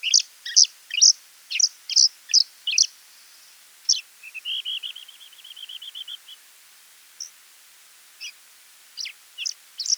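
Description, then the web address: Scaly-feathered weaver chirps in a quick burst, followed by a short even trill of lower piping notes, then scattered single high chirps. "Scaly feathered weaver. دانلود-صدای-پرنده-جولای-پر-پولکی"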